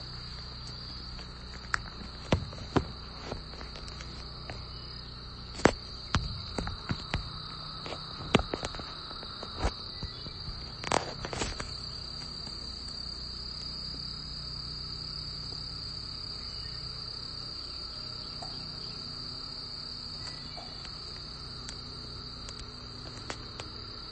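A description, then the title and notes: A cicada chorus buzzes steadily throughout, a high, bright drone that holds without pause. Sharp clicks and ticks pop up often in the first half, with clusters around five to six and eleven seconds, then thin out. A low rumble sits underneath. Please enjoy this short audio of a cicada symphony recorded by my sweet friend Heather. The DMV is apparently different - with a population of Magicicada, or periodical cicadas, that emerge every 13-17 years in Eastern North America.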